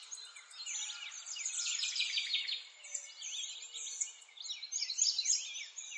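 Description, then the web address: Birds singing together, a rich wash of high sweeping chirps that swells, dips briefly, then returns with sharper, brighter notes. Forest ambience. "Lynne Music Nature-Ambience-Birds-In-A-Forest"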